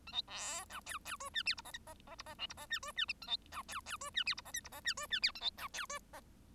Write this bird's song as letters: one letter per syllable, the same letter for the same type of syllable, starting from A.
A B C D E E F G H I J K J J I J L I J G F G A B D E E F G H I J K I J G F G H A B D E F J